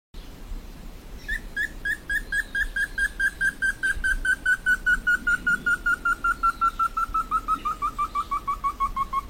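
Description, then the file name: Slaty bristlefront song opening after just over a second of background noise: a long chain of rapid whistled notes, starting high and easing gradually lower. "Canto do entufado"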